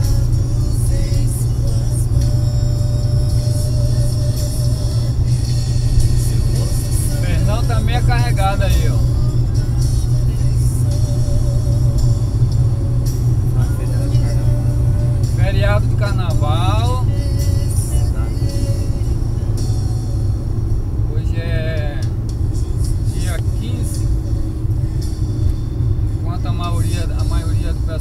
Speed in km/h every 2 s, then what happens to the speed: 103, 103, 104, 104, 104, 104, 103, 102, 99, 96, 93, 91, 89, 86.
0-13 steady at about 104. 13-28 slows to 86.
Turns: none.